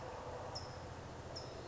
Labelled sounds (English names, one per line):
California Towhee